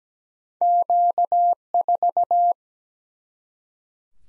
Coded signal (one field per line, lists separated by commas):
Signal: Morse code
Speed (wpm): 17 wpm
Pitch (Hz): 700 Hz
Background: none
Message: Q4